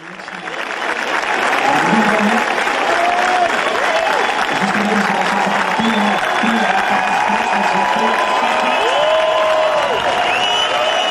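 crowd, stadium crowd applauding

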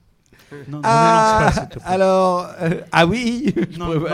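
animal, sheep bleating

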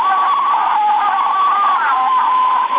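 bird, parrot vocalizing

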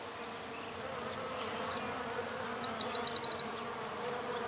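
insect, bee buzzing

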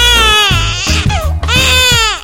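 human body sound, baby crying

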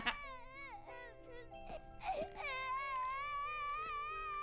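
human body sound, baby crying

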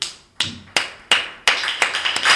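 crowd, applause

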